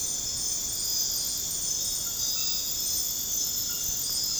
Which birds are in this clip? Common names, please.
none